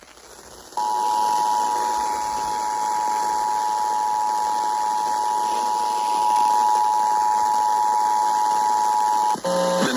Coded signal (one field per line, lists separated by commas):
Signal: Emergency Alert System (SAME) tones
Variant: 853 and 960 Hz attention tone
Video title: EAS #1909 Severe Thunderstorm Warning on WZOK